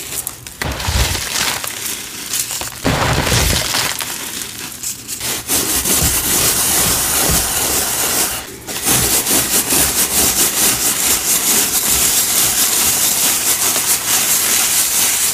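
Powder is sifted and mixed, with soft thumps and crumbly bursts early, then a steady, dense, bright grainy hiss continues after about six seconds.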